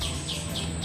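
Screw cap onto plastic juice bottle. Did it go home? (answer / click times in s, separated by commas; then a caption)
no / none. A screw cap is being twisted onto a plastic bottle of sugarcane juice. A steady, even noise runs throughout, with soft repeating chirp-like swells in the upper range and no sharp hits. Nothing has seated or clicked yet.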